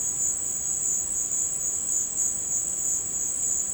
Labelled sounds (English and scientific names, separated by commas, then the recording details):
none
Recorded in dense forest near Puerto Asís, Putumayo, Colombia, on 24 March 2025 at 16:30
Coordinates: 0.500, -76.322
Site GP06